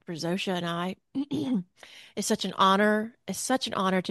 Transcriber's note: clears throat